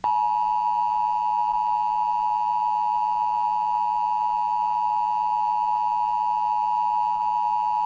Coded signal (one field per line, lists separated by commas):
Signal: Emergency Alert System (SAME) tones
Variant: 853 and 960 Hz attention tone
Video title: 2011 National EAS Test during Radiohead's Scotch Mist (RARE)